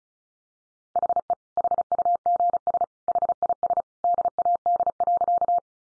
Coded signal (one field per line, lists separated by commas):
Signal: Morse code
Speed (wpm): 34 wpm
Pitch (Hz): 700 Hz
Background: none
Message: HE HUGS HIS DAD.